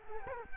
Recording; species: mosquito wingbeat signal from an infrared sensor; Culex quinquefasciatus